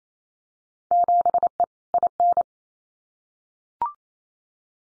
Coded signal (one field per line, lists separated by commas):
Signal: Morse code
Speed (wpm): 28 wpm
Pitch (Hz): 700 Hz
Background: none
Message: 7E IN